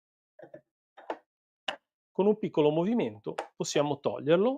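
A small measuring cup is pulled out of the lid of a HotmixPRO thermal blender, used with CCI25 equipment, with a small twisting movement. After two faint soft taps around 0.5 and 1.1 s, the cup comes free with a short, sharp knock at 1.7 s. Then someone talks.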